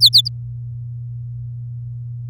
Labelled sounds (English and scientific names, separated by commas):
Domestic Canary (Serinus canaria) song